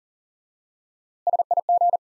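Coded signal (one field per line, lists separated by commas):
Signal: Morse code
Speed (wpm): 40 wpm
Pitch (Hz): 700 Hz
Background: none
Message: SIG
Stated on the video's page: Morse drill of common QSO elements for instant word recognition, single element repeated.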